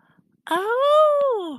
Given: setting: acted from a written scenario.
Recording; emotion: vocal sound without words; adoration